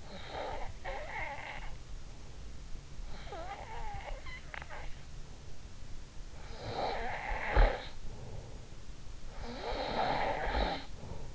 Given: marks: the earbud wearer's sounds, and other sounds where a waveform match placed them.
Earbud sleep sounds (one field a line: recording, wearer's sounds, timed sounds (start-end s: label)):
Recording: sounds in sleep by an in-ear microphone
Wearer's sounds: snoring breath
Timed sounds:
0.00-1.90 s: snoring breath
3.11-4.82 s: snoring breath
6.36-8.96 s: snoring breath
9.31-11.35 s: snoring breath